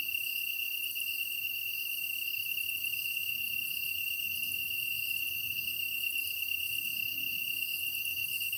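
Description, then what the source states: Kantan tree cricket produces an unbroken, level, purring trill, with faint quick high chirps scattered above it. Recorded on 23 August 2010 at 21:22.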